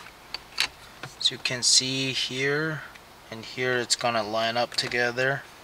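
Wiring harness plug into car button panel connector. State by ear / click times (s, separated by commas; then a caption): not seated / none. An aftermarket start/stop wiring harness plug is lined up with the button-panel connector of a VW Golf R, with a few short, sharp handling ticks near 0.3, 0.6 and 1.0 seconds while someone talks. Nothing has seated or clicked yet.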